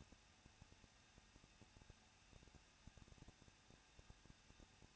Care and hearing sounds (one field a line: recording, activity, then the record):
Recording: daily activity, microphone in the room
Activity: no activity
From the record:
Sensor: 2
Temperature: 21.0 degrees Celsius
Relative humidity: 37.4%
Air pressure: 1006.2 hPa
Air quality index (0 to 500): 222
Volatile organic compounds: 24 ppm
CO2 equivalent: 2809 ppm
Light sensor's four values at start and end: 2/3/2/2 and 2/3/2/2